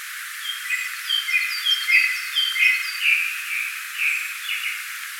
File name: Turdus cardis